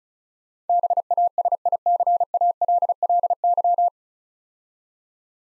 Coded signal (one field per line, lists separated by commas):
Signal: Morse code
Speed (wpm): 36 wpm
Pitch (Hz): 700 Hz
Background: none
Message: BASICALLY